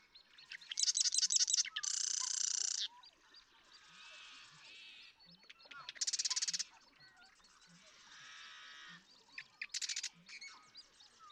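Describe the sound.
Marsh Wren song: loud, dense, buzzy trills repeat several times amid softer chatter and scattered low notes from other birds.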